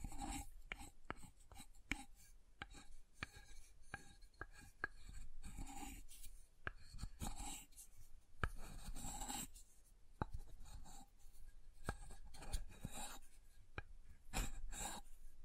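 Soap being tapped and carved, with sharp clicking taps scattered irregularly across the whole stretch, sometimes in quick clusters. Between the taps come soft, bright scraping and shaving strokes that rise and fade. A low, steady rumble sits underneath throughout.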